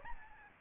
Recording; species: mosquito wingbeat signal from an infrared sensor; Aedes albopictus